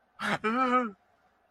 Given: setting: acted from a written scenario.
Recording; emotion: vocal sound without words; negative surprise